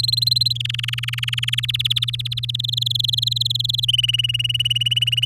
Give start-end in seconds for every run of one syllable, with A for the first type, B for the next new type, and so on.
0.00-0.57 A, 0.60-1.60 B, 1.63-2.56 C, 2.59-3.85 D, 3.88-5.25 E